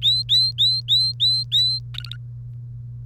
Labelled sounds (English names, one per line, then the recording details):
Domestic Canary song
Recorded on 1 May 2018 at 05:48
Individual llb3